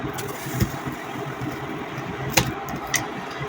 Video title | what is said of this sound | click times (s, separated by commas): ДОМАШНЯЯ ТУШЕНКА В ДУХОВКЕ. В магазине больше НЕ ПОКУПАЮ!!! | क्लिक। सब तैयार है। | 2.4 s, 3.0 s